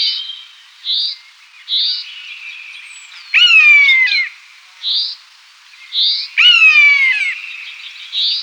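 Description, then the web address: Common buzzard uttering two loud, descending mewing cries a few seconds apart, with short, softer repeated notes before, between and after them. "Sissonne. Buse variable"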